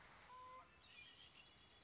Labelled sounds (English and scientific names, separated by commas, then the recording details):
Red-winged Blackbird (Agelaius phoeniceus)
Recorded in Sonoma County, California